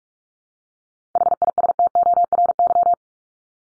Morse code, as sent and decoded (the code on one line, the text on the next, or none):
.... .. ... - --- .-. -.--
HISTORY